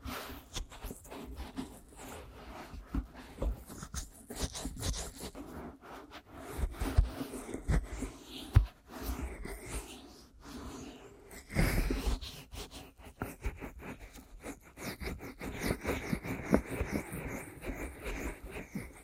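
Aggressive ear massage and tapping, with dense, rough scratching and scraping running throughout and no pauses. Sharp taps and rustling bursts come irregularly, louder around seven to nine seconds and again near twelve seconds, over a low rumbling undertone.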